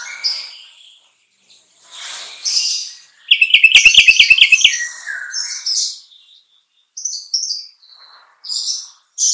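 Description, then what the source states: Sooty-headed bulbul singing a fast, even trill of repeated notes, set between breathy high chirps and short, gurgling phrases. Song style called trucukan.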